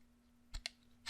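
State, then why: Not seated. A plastic belt clip is being slid in from the top onto a BelFone BF-7110 analog two-way handheld radio, with a few short handling clicks and taps against a quiet background with a low steady hum. The clip has not seated or clicked into place yet.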